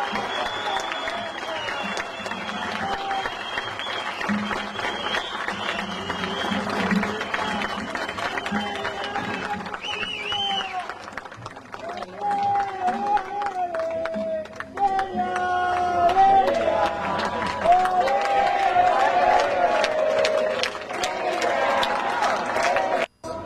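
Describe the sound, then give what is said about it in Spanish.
A crowd applauds Delia Villalba, proclaimed by the Asamblea Popular as vice-presidential candidate, steadily for over twenty seconds, dense clapping mixed with cheering, growing louder in the second half before cutting off abruptly at the end. “¡Fuerte el aplauso!”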